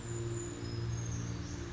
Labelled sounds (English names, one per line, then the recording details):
Brown Creeper
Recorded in Sonoma County, California